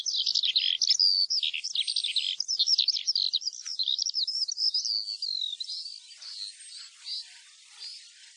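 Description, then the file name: Eurasian skylark song, dense high chirping and warbling for about five seconds, then fading to softer, scattered notes at the end. "ALLODOLA"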